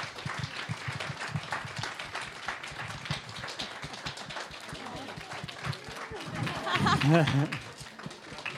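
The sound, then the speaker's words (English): An audience applauds with dense, steady clapping that carries on throughout, and a voice rises briefly over the applause toward the end. “Now you can clap.”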